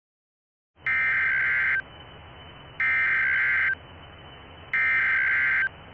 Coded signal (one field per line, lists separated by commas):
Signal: Emergency Alert System (SAME) tones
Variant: header bursts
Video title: 2023 A Deadly Spring 2 [EAS Scenario]